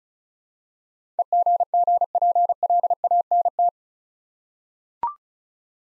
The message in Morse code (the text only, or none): EGGPLANT